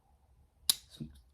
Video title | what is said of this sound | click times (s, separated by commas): ASHER KNIFE CO DOES IT AGAIN! | snapping back into its place | 0.7 s